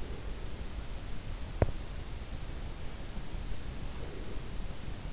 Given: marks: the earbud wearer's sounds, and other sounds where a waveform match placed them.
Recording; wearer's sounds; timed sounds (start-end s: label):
sounds in sleep by an in-ear microphone; breath, teeth grinding
0.00-0.70 s: breath
1.46-1.87 s: teeth grinding
3.88-4.56 s: breath